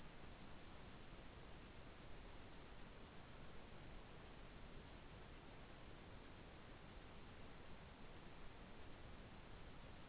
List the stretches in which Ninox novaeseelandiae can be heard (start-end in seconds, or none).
none